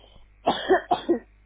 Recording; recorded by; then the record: voluntary cough; telephone call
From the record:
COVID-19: positive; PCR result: self-reported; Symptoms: yes